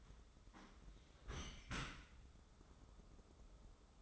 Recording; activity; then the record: daily activity, microphone in the room; close dishwasher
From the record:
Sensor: 3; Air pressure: 995.8 hPa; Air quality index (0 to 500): 97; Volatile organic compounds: 13 ppm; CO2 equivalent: 2430 ppm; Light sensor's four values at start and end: 29/87/37/32 and 29/87/37/32